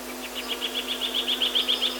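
Reunion cuckooshrike call, a rapid run of many high, clipped notes that swell slightly in loudness, over a steady low hum.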